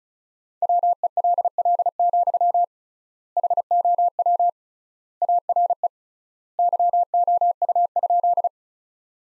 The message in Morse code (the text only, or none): WELL, HOW ARE YOU?